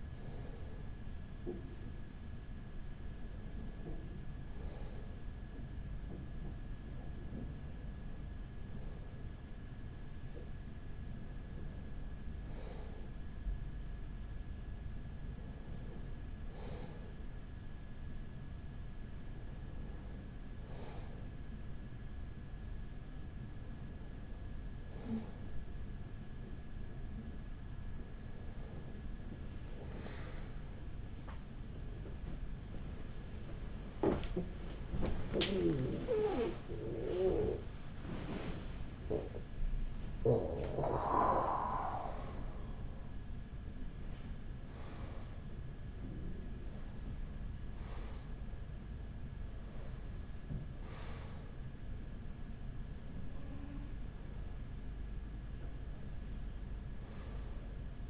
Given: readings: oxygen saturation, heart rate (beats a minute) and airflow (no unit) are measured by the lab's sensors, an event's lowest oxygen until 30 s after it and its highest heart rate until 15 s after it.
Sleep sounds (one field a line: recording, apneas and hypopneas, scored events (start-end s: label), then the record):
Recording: a person awake in a sleep study, by a smartphone at the bedside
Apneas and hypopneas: none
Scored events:
0.00-58.10 s: awake
From the record:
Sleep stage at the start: awake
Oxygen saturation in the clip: 95 to 97%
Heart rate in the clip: 43 to 79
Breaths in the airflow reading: 15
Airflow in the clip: -7.9 to 9.4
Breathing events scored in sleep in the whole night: 207 in 7.6 hours asleep